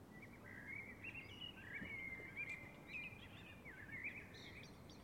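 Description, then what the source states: Birds singing, a steady stream of high chirps and warbled twitters overlapping throughout. Summer evening, calm conditions.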